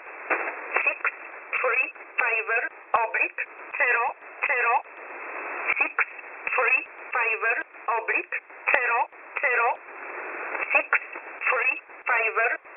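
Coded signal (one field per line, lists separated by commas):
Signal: numbers station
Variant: E11 Oblique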